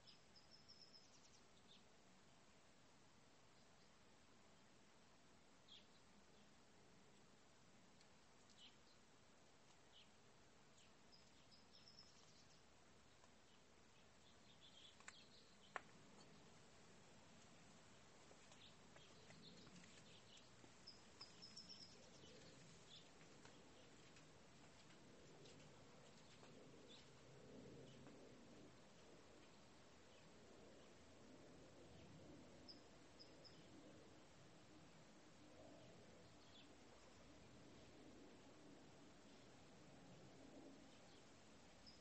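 Outdoor backyard ambience with a steady, fairly quiet wash of low rumble and hiss throughout. Faint, brief bird chirps come and go high up, and a sharp click or tap stands out around fifteen seconds, with a few small knocks near twenty-one seconds.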